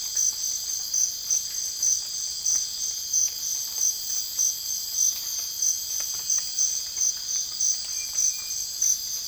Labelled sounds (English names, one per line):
none